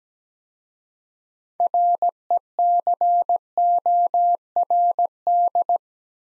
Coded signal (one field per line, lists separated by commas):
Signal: Morse code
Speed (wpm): 17 wpm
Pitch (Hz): 700 Hz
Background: none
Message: RECORD